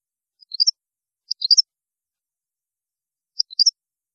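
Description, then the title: European goldfinch giving three brief clusters of high, tinkling call notes, two close together then one after a two-second gap. "Chant Chardonneret"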